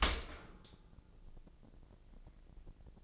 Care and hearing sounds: daily activity, microphone in the room; open dishwasher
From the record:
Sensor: 5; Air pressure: 1012.4 hPa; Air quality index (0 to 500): 157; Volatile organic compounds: 2 ppm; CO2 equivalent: 1068 ppm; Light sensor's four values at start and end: 99/239/100/112 and 99/239/101/112

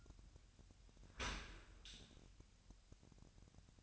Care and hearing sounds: daily activity, microphone in the room; open dishwasher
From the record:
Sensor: 2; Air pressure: 1006.6 hPa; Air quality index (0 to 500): 202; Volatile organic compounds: 14 ppm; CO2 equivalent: 2472 ppm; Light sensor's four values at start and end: 9/21/9/9 and 9/21/9/9

